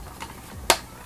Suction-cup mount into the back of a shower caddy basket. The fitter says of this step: and push it up all the way until it snaps in